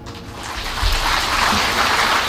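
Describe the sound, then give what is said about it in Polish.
Audience applause after a French song, from a recording of the programme FAM: a steady, dense wash of many hands clapping at once, fairly loud and even throughout, with no voices standing out. “Muzyka z oklaskami, a śpiewała pani”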